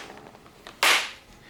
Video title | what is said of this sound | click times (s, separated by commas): Burton Step On Bindings – Complete Guide & Review | and then on the toe grommets they both click in | 0.8 s